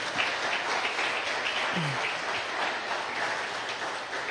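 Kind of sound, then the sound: crowd, audience applause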